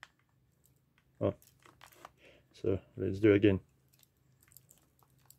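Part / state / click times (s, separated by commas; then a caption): lens on camera body bayonet mount / not seated / none. A lens is mounted a second time onto the bayonet mount of a Canon EOS 1000F N film SLR body, lined up by the red marks and turned, while someone talks. Only faint handling ticks are heard around the speech, and the mount gives no click: nothing has seated or clicked.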